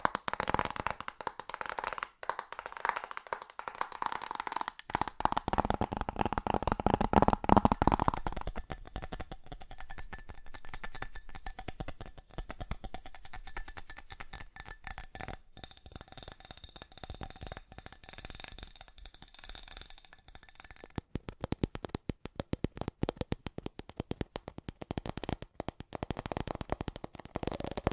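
Fast tapping runs throughout as dense, crisp clicks in quick succession, with a louder, fuller stretch in the first eight seconds. After that the taps turn lighter and thinner but stay rapid, with sharper bursts returning near the end.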